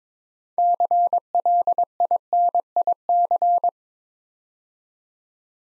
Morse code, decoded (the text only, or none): CLINIC